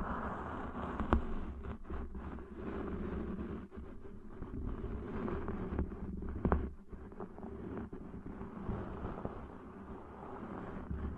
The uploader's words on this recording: ASMR Deep 3D Ear Cleaning Intense & Realistic (No Talking).